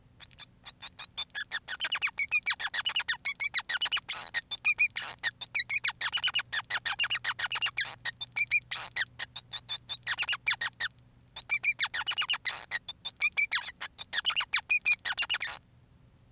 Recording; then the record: song of a male Bengalese finch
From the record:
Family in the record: son of father 5